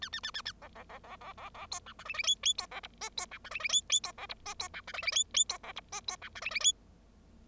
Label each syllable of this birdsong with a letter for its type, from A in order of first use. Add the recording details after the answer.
A A A A A B B B B B B B C D E F F G G C B H I C D E F F G G C B H I C D E F F G G C B H I C D E F F G. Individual Bird0